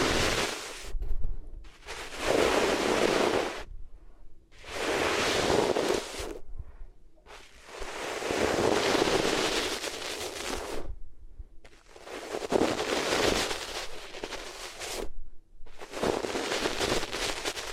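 Rubbing across the ears comes in rough, dense bursts, each lasting one to three seconds and separated by short near-silent gaps. The scratchy rushing sound is bright and grainy, with a low rumble underneath, and it swells and fades much like surf.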